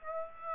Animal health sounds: mosquito wingbeat signal from an infrared sensor; Aedes aegypti

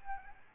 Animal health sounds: mosquito wingbeat signal from an infrared sensor; Aedes albopictus

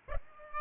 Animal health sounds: mosquito wingbeat signal from an infrared sensor; Aedes albopictus

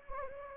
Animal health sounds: mosquito wingbeat signal from an infrared sensor; Anopheles gambiae

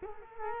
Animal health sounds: mosquito wingbeat signal from an infrared sensor; Culex quinquefasciatus

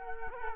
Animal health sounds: mosquito wingbeat signal from an infrared sensor; Culex quinquefasciatus

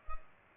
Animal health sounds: mosquito wingbeat signal from an infrared sensor; Culex pipiens

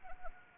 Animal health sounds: mosquito wingbeat signal from an infrared sensor; Anopheles arabiensis

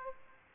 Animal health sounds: mosquito wingbeat signal from an infrared sensor; Aedes aegypti

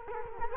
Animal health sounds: mosquito wingbeat signal from an infrared sensor; Culex quinquefasciatus

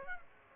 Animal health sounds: mosquito wingbeat signal from an infrared sensor; Aedes aegypti

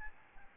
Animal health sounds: mosquito wingbeat signal from an infrared sensor; Aedes albopictus

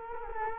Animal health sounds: mosquito wingbeat signal from an infrared sensor; Culex quinquefasciatus

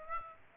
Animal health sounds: mosquito wingbeat signal from an infrared sensor; Aedes aegypti

